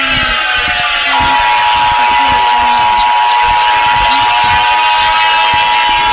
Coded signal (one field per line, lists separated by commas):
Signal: Emergency Alert System (SAME) tones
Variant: 853 and 960 Hz attention tone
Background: speech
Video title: eas scenario :2 Indonesia fells away